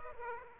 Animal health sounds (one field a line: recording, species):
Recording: mosquito wingbeat signal from an infrared sensor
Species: Aedes aegypti